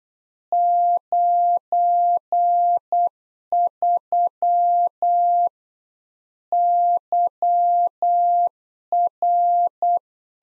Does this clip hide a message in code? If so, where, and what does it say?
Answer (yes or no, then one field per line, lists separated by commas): yes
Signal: Morse code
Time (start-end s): 0.5-10.0 s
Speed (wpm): 8 wpm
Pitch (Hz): 700 Hz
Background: none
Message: 93 YR